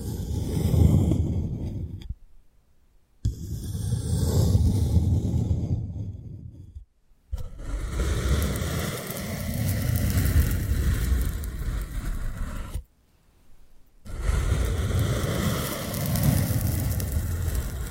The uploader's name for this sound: 3D panoramic ear picking with various props